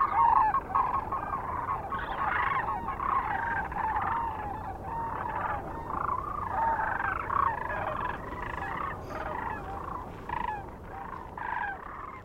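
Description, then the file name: Sandhill Crane calls, dense overlapping rolling rattles from a large flock, loudest at the start, with constant low background rumble. Recorded near Kearney, Nebraska, on 9 March 2004. "2004-03-09 SACRandmore B Kearney NE"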